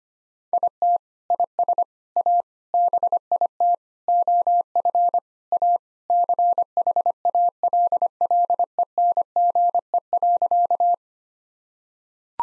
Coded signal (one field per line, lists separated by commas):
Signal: Morse code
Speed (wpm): 25 wpm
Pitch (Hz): 700 Hz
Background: none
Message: IT IS A BIT OF A CHALLENGE.